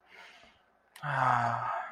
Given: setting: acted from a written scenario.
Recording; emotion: vocal sound without words; serenity